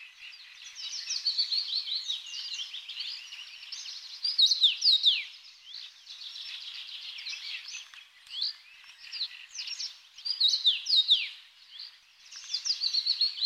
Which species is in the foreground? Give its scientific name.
Carpodacus erythrinus